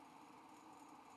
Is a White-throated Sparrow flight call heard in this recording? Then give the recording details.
no. No flight call is heard. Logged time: 04:20 on 5 December 2014